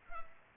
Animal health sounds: mosquito wingbeat signal from an infrared sensor; Culex pipiens

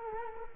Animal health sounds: mosquito wingbeat signal from an infrared sensor; Culex quinquefasciatus

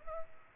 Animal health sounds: mosquito wingbeat signal from an infrared sensor; Culex pipiens

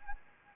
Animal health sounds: mosquito wingbeat signal from an infrared sensor; Anopheles arabiensis

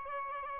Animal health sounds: mosquito wingbeat signal from an infrared sensor; Aedes albopictus

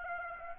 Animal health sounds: mosquito wingbeat signal from an infrared sensor; Aedes aegypti

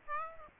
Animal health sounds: mosquito wingbeat signal from an infrared sensor; Aedes aegypti

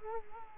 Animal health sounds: mosquito wingbeat signal from an infrared sensor; Culex quinquefasciatus

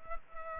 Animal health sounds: mosquito wingbeat signal from an infrared sensor; Culex pipiens

